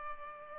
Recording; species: mosquito wingbeat signal from an infrared sensor; Culex pipiens